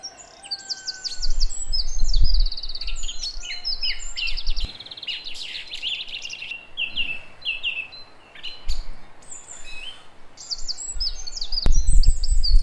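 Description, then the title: Song thrush song of short phrases, each a quick run of repeated sharp notes, varied and continuous, with low rumbling noise in the background. Song recorded at 06h. "Zanglijster 06h Durenne2"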